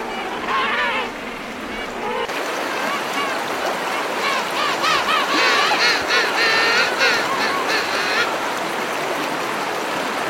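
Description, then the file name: Penguin calls: wavering harmonic notes near the start and a longer run midway, partly buried under a loud, constant rushing noise. "canto do pinguim"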